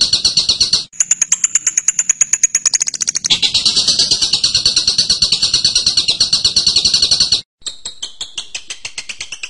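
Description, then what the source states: Bird singing fast high chips that give way to a long, buzzy trill, followed after a short gap by more quick high notes. Birdsong training recording (masteran) of a bird's voice.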